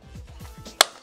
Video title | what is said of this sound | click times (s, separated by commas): Unboxing: Audio-Technica System 10 Digital Wireless Audio System | snaps open it's going to use just normal ablea batteries so that's good because in the field we're going to | 0.8 s